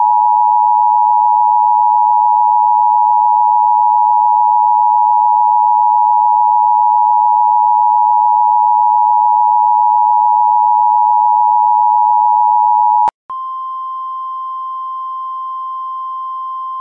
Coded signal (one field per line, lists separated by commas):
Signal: Emergency Alert System (SAME) tones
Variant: 853 and 960 Hz attention tone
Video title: EAS Poop Best Buy